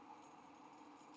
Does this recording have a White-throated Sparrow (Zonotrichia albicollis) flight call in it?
no